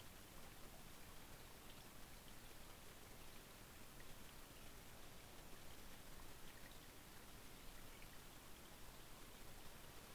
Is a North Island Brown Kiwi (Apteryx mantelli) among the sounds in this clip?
no